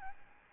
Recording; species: mosquito wingbeat signal from an infrared sensor; Aedes albopictus